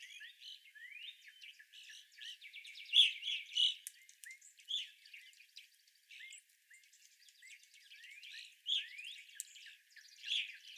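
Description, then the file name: Evening grosbeaks calling, a steady scatter of short, clear, slightly rising chirps from several birds overlapping, with brief buzzy notes mixed in. Several evening grosbeaks calling, recorded 25 April 2021. "2021-04-25 Evening Grosbeaks"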